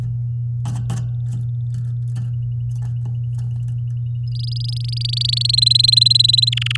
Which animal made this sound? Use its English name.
Domestic Canary